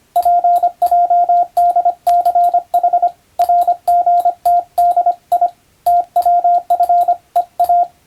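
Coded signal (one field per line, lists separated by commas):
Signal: Morse code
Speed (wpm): 25 wpm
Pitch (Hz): 700 Hz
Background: radio noise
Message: PJDCH RGTDI TWFEA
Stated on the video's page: Morse code practice from the radiotelegraph operator exam telegram practice book, in international (English) text, meant for playback at adjustable speed.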